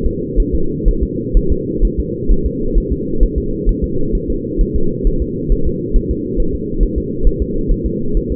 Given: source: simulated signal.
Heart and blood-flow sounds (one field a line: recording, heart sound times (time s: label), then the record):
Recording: fetal heart sounds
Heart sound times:
0.06 s: S2
0.40 s: S1
0.55 s: S2
0.88 s: S1
1.03 s: S2
1.37 s: S1
1.52 s: S2
1.85 s: S1
2.00 s: S2
2.31 s: S1
2.46 s: S2
2.78 s: S1
2.92 s: S2
3.23 s: S1
3.38 s: S2
3.69 s: S1
3.84 s: S2
4.15 s: S1
4.30 s: S2
4.61 s: S1
4.76 s: S2
5.07 s: S1
5.22 s: S2
5.52 s: S1
5.67 s: S2
5.96 s: S1
6.11 s: S2
6.40 s: S1
6.55 s: S2
6.83 s: S1
6.98 s: S2
7.27 s: S1
7.42 s: S2
7.71 s: S1
7.86 s: S2
8.17 s: S1
8.32 s: S2
From the record:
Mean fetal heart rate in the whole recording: 130 bpm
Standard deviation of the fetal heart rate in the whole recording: 4 bpm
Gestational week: 38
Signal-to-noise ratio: -8.1 dB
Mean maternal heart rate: 72 bpm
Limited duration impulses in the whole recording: present